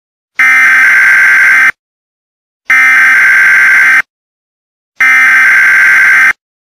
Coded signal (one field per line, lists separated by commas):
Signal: Emergency Alert System (SAME) tones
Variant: header bursts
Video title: Dark Copper Charlie The Anteater And 2 MLP Troublemakers Force The EAS Reporter To Listen To BS/GD